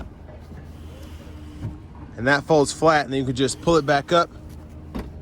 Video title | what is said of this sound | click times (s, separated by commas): 2021 Subaru Forester Premium Test Drive & Review | until it locks into place. | 5.0 s